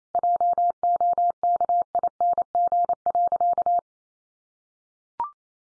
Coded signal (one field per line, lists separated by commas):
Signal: Morse code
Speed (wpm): 28 wpm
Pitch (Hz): 700 Hz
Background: none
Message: JOKING.